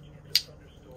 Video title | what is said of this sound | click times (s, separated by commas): Restoring a Stellar Queen Barlow with Bone Handles and a Cosmic Snap! | hear that snap | 0.4 s